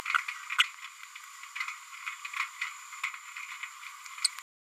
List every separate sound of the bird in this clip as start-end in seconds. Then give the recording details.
0.58-0.65, 4.24-4.28. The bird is a male. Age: 32 days. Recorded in a nest box in Venezuela. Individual 17B102A4